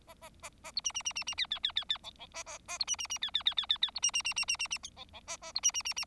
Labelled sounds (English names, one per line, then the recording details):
Bengalese Finch song
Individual Bird4